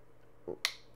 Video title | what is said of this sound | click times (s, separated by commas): Dyson DC44 Animal Cordless Vacuum Review | You got to get it right on until it clicks. | 0.6 s